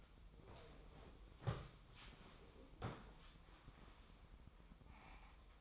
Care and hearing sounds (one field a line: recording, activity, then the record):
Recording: daily activity, microphone in the room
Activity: sit down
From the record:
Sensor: 1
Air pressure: 1005.1 hPa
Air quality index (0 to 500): 123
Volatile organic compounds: 5 ppm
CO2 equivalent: 1723 ppm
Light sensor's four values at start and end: 10/24/10/10 and 11/26/10/11